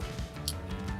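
A Petzl ASAP mobile fall arrester is slid up a vertical lifeline rope while its locking wheel is pressed in with a thumb, over a steady low tonal background. A short, sharp click sounds at 0.5 s as the locking wheel clicks free, releasing the device so it can move up and down the rope.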